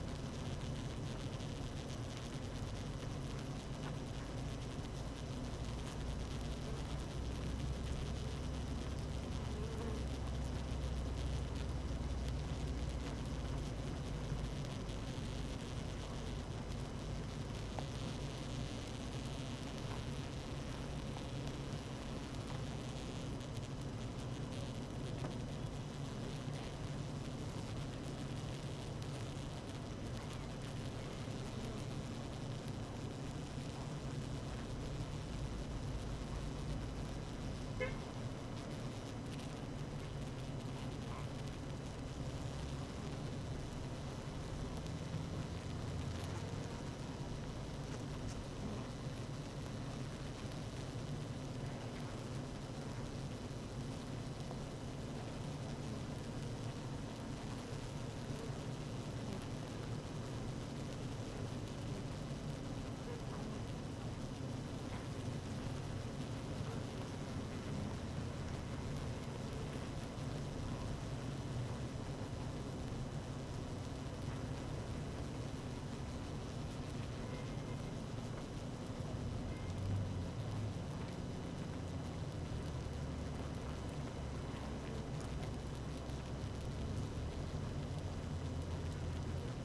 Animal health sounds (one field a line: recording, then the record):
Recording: honeybee colony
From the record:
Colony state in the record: active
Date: 12 June 2018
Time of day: 17:25